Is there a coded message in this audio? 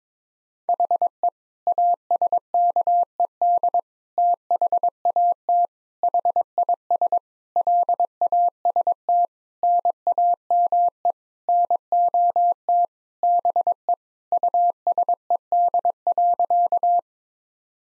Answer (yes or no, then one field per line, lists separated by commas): yes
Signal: Morse code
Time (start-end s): 0.7-17.0 s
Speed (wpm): 22 wpm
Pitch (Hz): 700 Hz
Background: none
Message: HE ASKED THAT HIS LAST NAME NOT BE USED.